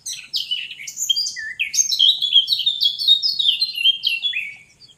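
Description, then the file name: Eurasian blackcap song, a rapid, varied warble of sweet whistled notes and scratchy chips, swelling in the middle and fading at the end. "Sylvia atricapilla"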